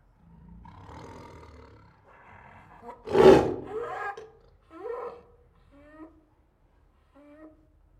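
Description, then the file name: Siberian tiger roars and snarls, a loud harsh roar peaking near three seconds, then shorter snarling grunts that fade out. Several Siberian tigers making angry growls, roars and snarls. "Sound Ideas. Siberian Tigers Make Angry Growls, Roars and Snarls"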